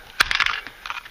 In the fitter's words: and you hear it pop out